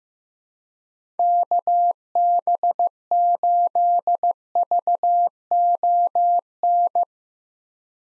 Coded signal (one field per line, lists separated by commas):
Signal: Morse code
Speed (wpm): 15 wpm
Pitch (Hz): 700 Hz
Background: none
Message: KB8VON